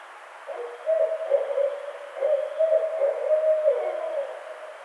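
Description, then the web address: Barred owl calling clearly with a series of low, rounded hoots, several grouped phrases with slight pitch wavers, over a quiet background. Recorded on 23 April 2009. "Barred Owl 2009 04 23"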